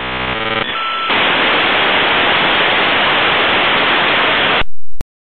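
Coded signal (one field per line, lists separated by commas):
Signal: dial-up modem handshake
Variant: 56k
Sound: short burst of tones and warble, then loud steady hiss, ending with a click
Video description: So hörte sich ein klassisches Modem mit 56k an, als man sich damals per Telefonleitung in das Internet einwählte.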